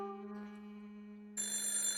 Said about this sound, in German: Hunkeler hörte das Telefon im Gang klingeln.